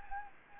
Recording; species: mosquito wingbeat signal from an infrared sensor; Anopheles gambiae